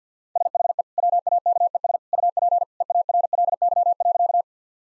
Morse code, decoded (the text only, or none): SHE WAKES UP EARLY.